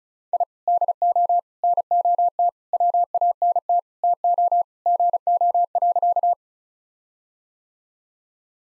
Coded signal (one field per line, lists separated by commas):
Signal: Morse code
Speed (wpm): 36 wpm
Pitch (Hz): 700 Hz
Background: none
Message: I DO NOT WANT TO GO.